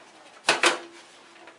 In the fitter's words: go on the back of the chassis here and it snaps in place